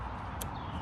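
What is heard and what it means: On a Tesla Model Y or Model 3, the release tab is pressed and the old windshield wiper blade's adapter clip is pulled off the top of the wiper arm. A short, sharp click sounds at 0.4 s over a steady background hiss. The blade releases from the arm.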